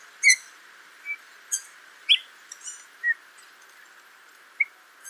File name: Pyrrhula pyrrhula